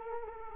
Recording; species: mosquito wingbeat signal from an infrared sensor; Culex quinquefasciatus